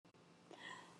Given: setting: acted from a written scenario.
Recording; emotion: vocal sound without words; relief